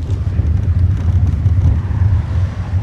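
A car rumbles steadily along an uneven road, its low engine drone and bumping tyre noise filling the sound with a constant, heavy, low-pitched roar and no voices.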